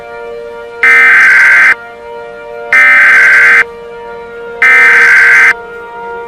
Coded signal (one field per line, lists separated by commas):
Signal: Emergency Alert System (SAME) tones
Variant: header bursts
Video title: EAS Mock:Chevron Refinery Fire